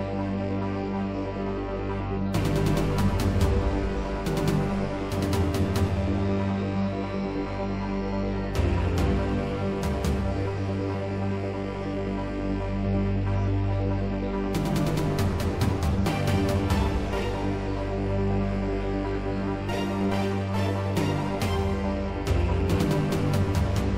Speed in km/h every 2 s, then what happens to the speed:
87, 92, 95, 98, 101, 103, 106, 108, 108, 109, 114, 116.
0-24 speeds up to 116.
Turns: none.